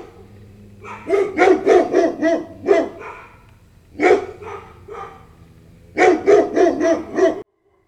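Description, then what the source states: Dog barking in rapid bursts of several gruff barks, with a few separate barks between the bursts. Large dog barking with light snarling.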